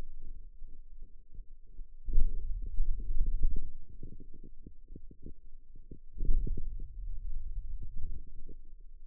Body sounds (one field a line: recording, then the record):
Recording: forearm muscle sounds (acoustic myography)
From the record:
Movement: hand opening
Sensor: system 2, bracelet of six BSWA MPA416 microphones around the upper forearm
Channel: 2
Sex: male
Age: 22 years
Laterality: right